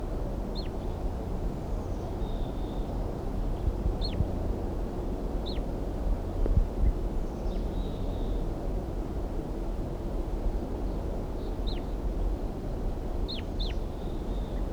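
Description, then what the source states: Red Crossbill calls: sharp, descending chip notes repeated at irregular intervals, some doubled, with faint brief buzzy notes between and a continuous low rumble throughout. Wild crossbills calling again near a trap site; decoy birds also calling.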